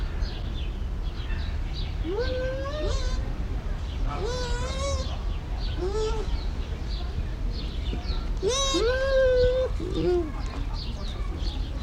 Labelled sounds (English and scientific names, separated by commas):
Bush Dog (Speothos venaticus)